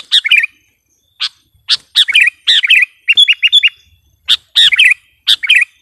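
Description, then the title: Sooty-headed bulbul song: short bubbly warbled phrases mixed with sharp clipped chirps, in bursts separated by brief pauses. "kutilang"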